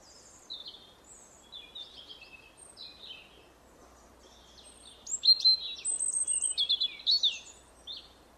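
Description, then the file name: European robin with soft, scratchy high notes at first, then a louder, liquid phrase of shrill whistles and rapid trills in the second half. "Erithacus rubecula"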